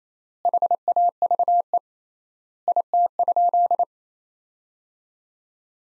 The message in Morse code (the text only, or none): HAVE IT?